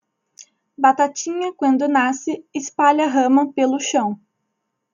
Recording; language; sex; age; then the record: short text; Brazilian Portuguese; female; 20 to 29 years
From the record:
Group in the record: control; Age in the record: 22 years